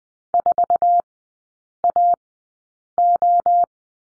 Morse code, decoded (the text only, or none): 4AO